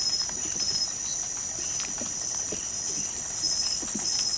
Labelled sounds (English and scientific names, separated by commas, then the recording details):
none
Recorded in pastures near Puerto Asís, Putumayo, Colombia, on 29 June 2025 at 23:30
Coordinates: 0.472, -76.331
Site G095